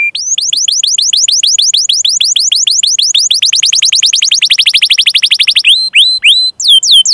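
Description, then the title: Canary singing a long run of rapid rising sweeps, speeding up into a dense roll before a few slower looping notes. Gacor (vigorous singing) canary with cengkok (melodic turns) and isian (varied fill phrases), for bird-song training. "Kenari Gacor Cengkok Isian Kenarigacor Kicaumania Kenari"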